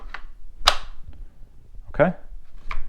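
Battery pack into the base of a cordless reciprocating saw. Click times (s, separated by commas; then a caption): 0.7 s. A battery pack is slid into the base of a cordless Hart HPRS011 reciprocating saw, its two grooves lined up with the two grooves on the bottom of the tool. The latch gives one loud, sharp click at 0.7 s, showing the pack is seated, amid a few softer taps. Afterward someone talks briefly.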